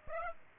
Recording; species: mosquito wingbeat signal from an infrared sensor; Aedes aegypti